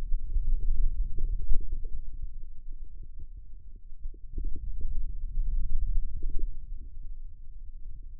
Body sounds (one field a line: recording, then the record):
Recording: forearm muscle sounds (acoustic myography)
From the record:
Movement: finger pinch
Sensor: system 2, bracelet of six BSWA MPA416 microphones around the upper forearm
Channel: 6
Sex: male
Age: 22 years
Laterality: right